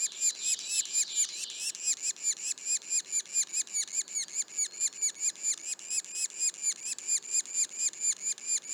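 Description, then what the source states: Yellow-bellied sapsucker young giving a rapid, steady, insistent series of squeaky notes. Juveniles; Mont-Orford National Park, Quebec.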